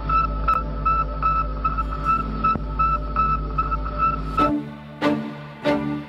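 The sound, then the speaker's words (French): The radio signal of the 84-kilogram Soviet satellite nicknamed Bébé Lune, in orbit: a steady electronic tone rich in buzzing harmonics, then three sharp beeps pulsing at a regular rhythm as the drone cuts out, with no voices. “Ce petit satellite soviétique de 84 kilos n'émet peut-être qu'un petit bip, mais en l'envoyant en orbite, les scientifiques soviétiques ouvrent une nouvelle ère, celle de l'utilisation de l'espace.”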